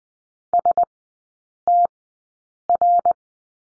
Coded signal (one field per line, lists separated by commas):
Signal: Morse code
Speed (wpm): 20 wpm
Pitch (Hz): 700 Hz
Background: none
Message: STR